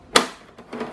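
The washed and dried plastic filter frame of a Thermomatic Desidrat Smart New Plus 150 electric dehumidifier is refitted into its housing: its small tabs are hooked in, then the top is pressed. A sharp, loud snap at 0.2 s marks the cover seating home, followed by quieter handling sounds around 0.6 s and 0.7 s. The filter ends up seated.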